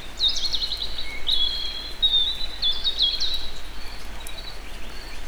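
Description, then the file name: European robin song: bright, high, rapidly varied warbling with sliding whistles and trills for about three seconds, then quieter, over a background hiss. Recorded in nature at Egerturistaház. "vorosbegy egerturistahaz"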